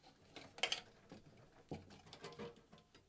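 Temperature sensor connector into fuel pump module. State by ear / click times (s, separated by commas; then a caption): seated / 0.6 s, 0.7 s. On a GT-R fuel pump upgrade, the fuel temperature sensor's plastic electrical connector is reached down into the tank and pressed by hand onto the new fuel pump module; it goes first because it sits lowest inside the tank. Two sharp clicks at 0.6 s and 0.7 s stand out over soft handling rustle. The connector seats in place.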